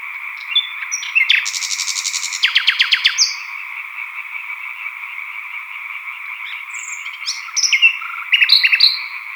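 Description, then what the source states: European tree frogs keep up a steady massed croaking drone while a nightingale sings loud bursts of clicks, descending notes and sharp whistles above them. Chorus of European tree frogs recorded at Sattenay; dated 140418.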